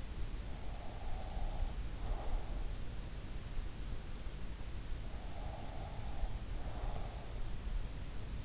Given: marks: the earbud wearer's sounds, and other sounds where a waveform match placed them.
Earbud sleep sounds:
sounds in sleep by an in-ear microphone; breath
0.00-3.28 s: breath
4.81-7.77 s: breath

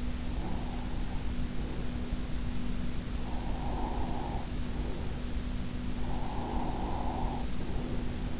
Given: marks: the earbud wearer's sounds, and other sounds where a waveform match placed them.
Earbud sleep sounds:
sounds in sleep by an in-ear microphone; breath
0.21-2.27 s: breath
3.24-5.40 s: breath
5.90-8.39 s: breath

